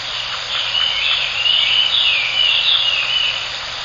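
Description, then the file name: Chinese hwamei singing a continuous run of bright, slurred whistles that swoop up and down, heard over a dense background hiss. "ガビチョウ 遠藤"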